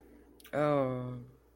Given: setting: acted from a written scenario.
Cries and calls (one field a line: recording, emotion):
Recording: vocal sound without words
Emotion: embarrassment